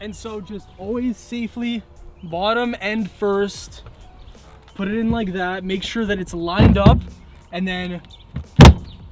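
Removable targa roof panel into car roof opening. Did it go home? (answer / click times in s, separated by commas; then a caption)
yes / 8.6 s, 8.7 s. Someone talks while lowering the removable targa roof panel of a Corvette C8, roughly 25 pounds, into the car's roof opening, bottom edge first, lining it up and pushing it down. Loud clicks at 8.6 and 8.7 seconds mark the panel latching, seated in place.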